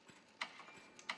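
A torque wrench fitted with a 10 mm Allen bit tightens the left crank bolt onto a BBRight crank axle, set to 38–41 Nm. Two sharp mechanical clicks ring out at 0.4 s and 1.1 s, with a fainter tick just before the second, as the wrench reaches its torque setting.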